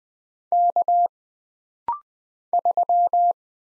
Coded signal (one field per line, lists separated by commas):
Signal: Morse code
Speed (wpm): 20 wpm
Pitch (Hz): 700 Hz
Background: none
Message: K 3